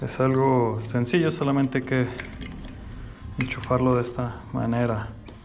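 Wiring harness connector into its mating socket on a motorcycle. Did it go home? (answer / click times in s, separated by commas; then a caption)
no / none. Someone talks while handling the plastic wiring harness connector that goes into its mating socket on a Dominar 400 2.0 motorcycle, after the fuel tank has been refitted during an air filter change. The connector is being pushed back together, but nothing has seated or clicked yet.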